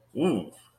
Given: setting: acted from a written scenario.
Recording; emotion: vocal sound without words; amusement